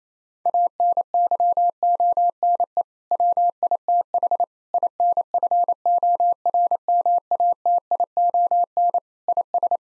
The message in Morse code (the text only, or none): ANYONE WITH INFORMATION IS